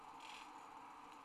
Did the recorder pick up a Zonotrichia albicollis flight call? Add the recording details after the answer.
no. No flight call is heard. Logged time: 05:10 on 30 November 2014